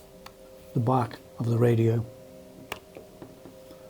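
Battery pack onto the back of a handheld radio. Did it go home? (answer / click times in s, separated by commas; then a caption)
yes / 2.7 s. Someone talks as a battery pack is pressed onto the back of a Kenwood TK-3501 / TK-3701 handheld two-way radio. A sharp click at 2.7 s marks it locking in place, followed by a few faint ticks. The battery pack is seated and feels solidly built.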